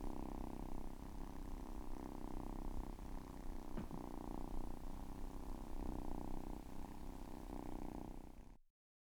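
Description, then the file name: Cat purring continuously in a deep, even rumble, then stopping abruptly near the end into silence. "Katze"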